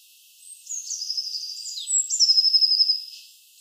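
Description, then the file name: Eurasian blue tit giving thin, high drawn-out whistles that slide and waver, ending in a rapid series of pulsed whistles near the end. "Cyanistes caeruleus"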